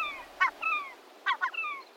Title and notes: But hummingbirds and also gulls — including this Glaucous-winged Gull — forage all day long!